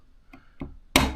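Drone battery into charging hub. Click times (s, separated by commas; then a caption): 1.0 s. A DJI Mini 3 drone battery is pushed into its plastic charging hub, with two faint ticks at 0.3 and 0.6 s. A sharp, loud click follows at 1.0 s as the battery seats, so it can now charge.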